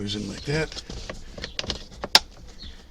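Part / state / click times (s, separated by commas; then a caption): plastic retaining clips of glove box/filter cover into dashboard / seated / 1.6 s, 2.1 s. After the cabin filter is reinstalled, the plastic glove box or filter cover is pushed back so its plastic retaining clips snap into the dashboard. Someone talks at the start, then there are light plastic knocks and sharp snaps at 1.6 s and 2.2 s, the second the loudest. The retaining clips are seated back in place.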